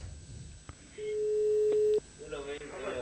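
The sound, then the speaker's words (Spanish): A telephone line tone heard when calling a discarded mobile phone: one steady, flat electronic beep holding a single low-mid pitch for about a second, loud against faint background noise, followed by muffled voices. “Llamaron al teléfono y se encontraron con esto.”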